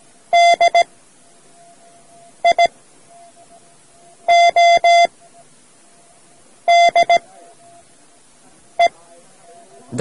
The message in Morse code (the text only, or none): DIODE